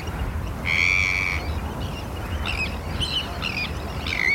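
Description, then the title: Tern calls: one long rasping, harmonic cry followed by several shorter grating notes, with rain in the background. Terns calling at RSPB Hodbarrow nature reserve, Cumbria, in autumn rain, recorded from inside a wooden bird hide by Martin Maudsley. "Sound Escape 32: listening to cries of terns from a bird hide at Hodbarrow, Cumbria"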